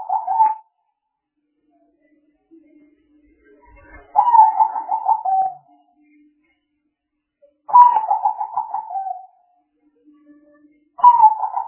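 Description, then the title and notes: Spotted dove cooing, a hoarse, throbbing phrase of several quick notes repeated about every three and a half seconds, with faint low sounds between phrases. Calls of the bird used as a lure (pikat). "Pikat Burung Tekukur. Kumpulan suara burung tekukur"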